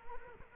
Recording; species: mosquito wingbeat signal from an infrared sensor; Culex quinquefasciatus